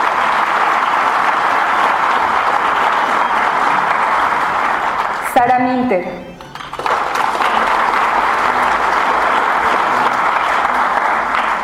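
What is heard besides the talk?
audience applause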